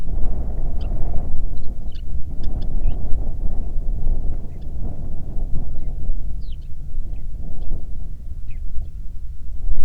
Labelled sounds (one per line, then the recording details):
songbird
wind
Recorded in the Prudhoe Bay oil fields, Alaska, on 8 July 2019 at 01:19
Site 25